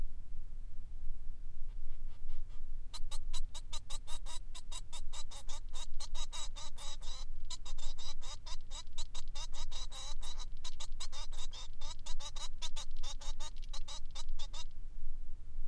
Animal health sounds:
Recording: song of a male Bengalese finch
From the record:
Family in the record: son of father 3

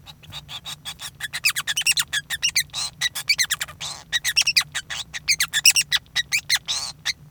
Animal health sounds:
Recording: song of a male Bengalese finch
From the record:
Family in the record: son of father 5

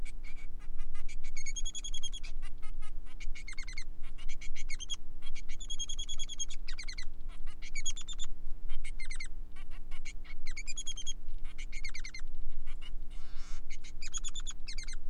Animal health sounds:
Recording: song of a male Bengalese finch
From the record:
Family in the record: son of father 3

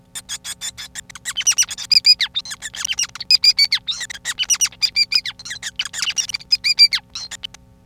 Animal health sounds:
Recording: song of a male Bengalese finch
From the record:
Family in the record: son of father 5

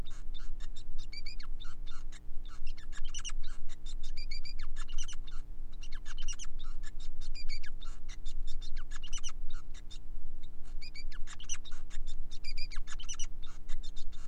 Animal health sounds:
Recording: song of a male Bengalese finch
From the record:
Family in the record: son of father 5

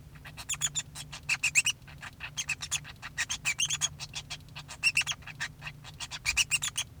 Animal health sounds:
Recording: song of a male Bengalese finch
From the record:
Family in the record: son of father 2

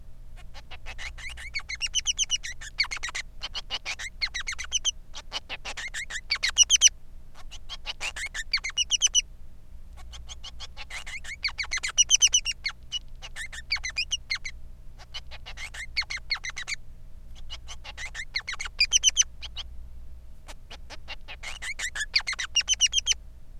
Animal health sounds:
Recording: song of a male Bengalese finch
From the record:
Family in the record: son of father 3

